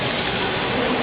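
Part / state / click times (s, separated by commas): plastic back housing onto phone chassis / not seated / none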